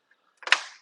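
A plastic push-pin retainer is pushed into its hole in the grille or body panel to secure a brand-new grille on a 2006 Ford Explorer. After a faint tick near 0.1 s, a short burst of scraping builds from about 0.4 s into a sharp pop at 0.5 s, which fades out by about 0.8 s. The retainer pops in and seats.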